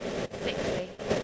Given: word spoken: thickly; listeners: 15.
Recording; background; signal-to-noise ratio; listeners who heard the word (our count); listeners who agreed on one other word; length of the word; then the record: one English word in noise, from a listening test; noise modulated by three-talker babble; -5.8 dB; 6 of 15; 6 of 15; 0.84 s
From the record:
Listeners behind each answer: 6, 6, 1, 1, 1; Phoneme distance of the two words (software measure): 17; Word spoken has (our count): 2 syllables, 5 phonemes, stress on syllable 1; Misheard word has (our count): 2 syllables, 6 phonemes, stress on syllable 1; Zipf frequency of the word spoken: 2.53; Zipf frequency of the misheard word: 5.10